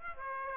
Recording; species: mosquito wingbeat signal from an infrared sensor; Aedes aegypti